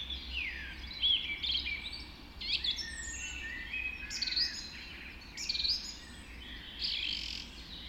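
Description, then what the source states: Dawn chorus birds in dense overlapping song, bursts of high twittering and slurred whistles every second or two, steady low rumble beneath. Dawn chorus recorded just after dawn in the Forest of Dean.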